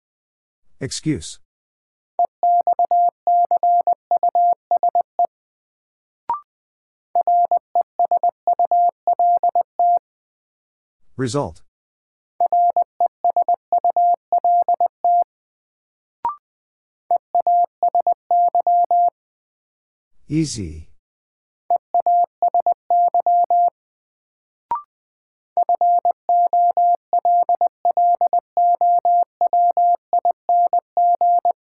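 A word is sent in Morse code as a steady mid-pitched tone keyed in rapid short and long beeps, grouped in bursts of a few seconds. Brief sharp clicks separate the groups, and three louder, scratchy rustling sounds break in at roughly ten-second intervals.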